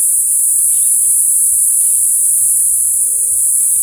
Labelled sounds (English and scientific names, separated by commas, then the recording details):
Brown-throated Parakeet (Eupsittula pertinax), White-tipped Dove (Leptotila verreauxi)
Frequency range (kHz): Brown-throated Parakeet (Eupsittula pertinax) 1.7-6.0 kHz; White-tipped Dove (Leptotila verreauxi) 0.4-0.8 kHz
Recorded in forest near Pivijay, Magdalena, Colombia, on 3 June 2023 at 14:30
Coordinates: 10.467, -74.380
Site Z5-G034